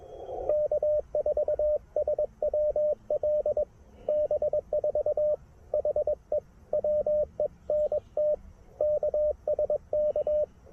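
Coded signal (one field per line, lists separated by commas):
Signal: Morse code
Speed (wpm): 20 wpm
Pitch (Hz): 600 Hz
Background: radio noise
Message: K4SWL B4 HE WENT KSK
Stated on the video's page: CW POTA activation at a historic site with Icom IC-703 Plus, QRP, on 20 and 17 meters.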